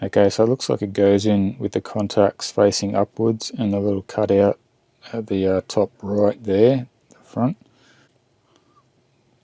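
A nano SIM card is oriented with its contacts facing up and the cutout at the top right front, then lined up at one of the two nano SIM slots under the little side cover of a GL.iNet Spitz Plus 12V 4G LTE WiFi 6 router for an RV. Someone talks through most of the clip, followed by only faint handling sounds near the end. The card has not yet been pushed in, and nothing has seated or clicked.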